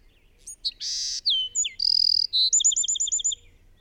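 Lively bird song mixing a harsh buzz, downward-sliding whistles, a rapid buzzy stretch and a steady run of quick paired notes.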